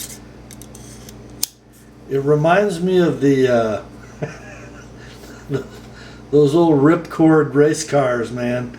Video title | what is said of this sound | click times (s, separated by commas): FSB -- COOLEST KNIFE EVER... Hands Down, Bar None: Microtech Halo V | So to retract it, we push the deployment button and we pull the slider at the butt of the knife until it clicks. | 1.4 s